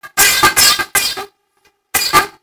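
An adult's imitated cough, rendered as "tuk tuk": a cluster of about four short, harsh cough bursts, a pause, then one more.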